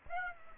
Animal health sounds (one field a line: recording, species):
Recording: mosquito wingbeat signal from an infrared sensor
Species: Aedes aegypti